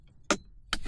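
A plastic dash trim panel around the radio/infotainment unit of a GMC truck is pressed into place on the other side during final reassembly of the unit, done as part of fixing "ghost touches." Its clips snap home with two sharp clicks at 0.3 s and 0.7 s over quiet background noise. The trim is seated.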